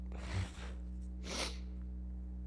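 A soft breathy intake, then one sharp hissing burst: a single adult sneeze over a steady low hum.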